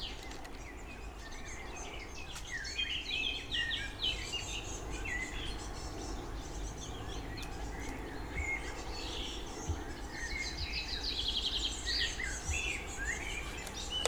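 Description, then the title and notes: Birds singing, with scattered high chirps and twittering phrases over a steady low rumble of background noise. Birdsong at the Motz leisure base, Motz, France. "922 Rte de L’Ia, 73310 Motz, France - oiseaux et grenouilles. Base de loisir de Motz chants d'oiseaux coassements de grenouilles"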